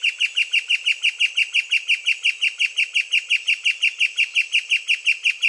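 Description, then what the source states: Tawny-winged woodcreeper giving a long, steady series of bright, clipped notes, rapid and evenly spaced throughout. South America.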